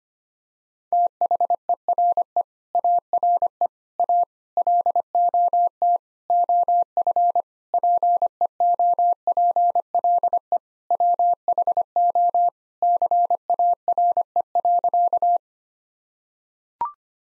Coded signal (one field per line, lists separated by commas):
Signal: Morse code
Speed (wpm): 25 wpm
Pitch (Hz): 700 Hz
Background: none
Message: THERE ARE A LOT OF PEOPLE WHO CARE.